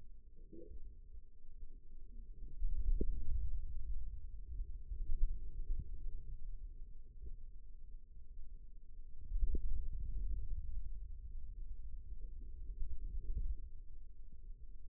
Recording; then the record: forearm muscle sounds (acoustic myography)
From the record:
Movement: radial deviation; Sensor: system 2, bracelet of six BSWA MPA416 microphones around the upper forearm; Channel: 3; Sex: male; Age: 22 years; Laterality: right